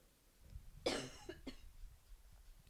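One harsh, loud adult cough followed quickly by two shorter, weaker coughs: a brief coughing fit.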